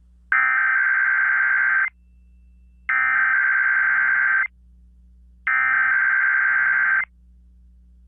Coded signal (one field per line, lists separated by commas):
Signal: Emergency Alert System (SAME) tones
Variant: header bursts